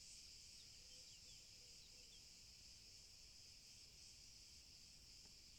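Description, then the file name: Cicadas making an unbroken shrill buzz over a low rumble of background noise. Cicadas in olive trees, Sarakina Gorge, recorded 30 June 2023. "2023 06 30 Oliven Zikaden Sarakina Gorge"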